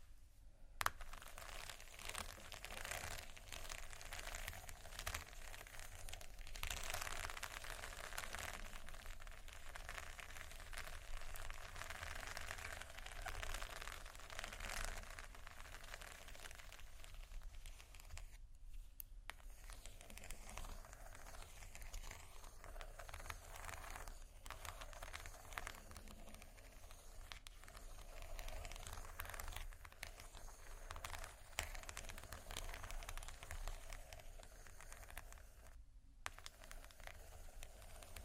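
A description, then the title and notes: Slow, soft scratching runs through most of the clip as a dense, papery rustle with a steady low rumble underneath. The scratching swells and eases gradually without sharp strokes, and it breaks off briefly near 18 seconds and again around 36 seconds. Slow, Deep & Soft Scratching (No Talking).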